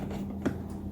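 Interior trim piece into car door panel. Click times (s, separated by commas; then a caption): 0.5 s. An interior trim piece is fitted back into the driver's side interior door panel of a 2011–2017 BMW X3 while the panel is being reinstalled. Over a steady low background hum, a single sharp click sounds at 0.5 s as the trim piece snaps in and seats.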